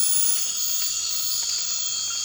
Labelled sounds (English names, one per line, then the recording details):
none
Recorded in dense forest near Puerto Asís, Putumayo, Colombia, on 12 March 2025 at 01:30
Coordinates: 0.484, -76.317
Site G064